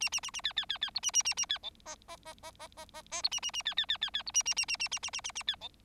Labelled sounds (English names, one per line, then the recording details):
Bengalese Finch song
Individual Bird4